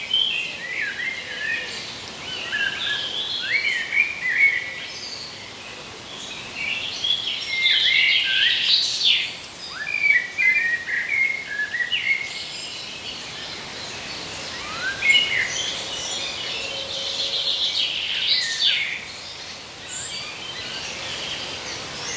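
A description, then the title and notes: Woods ambience with many birds calling at once, a dense overlapping chatter of short chirps and trills in the upper range that never stops. The calls swell busiest around eight to nine seconds and again near fifteen to eighteen, over a steady soft hiss. IN THE WOODS.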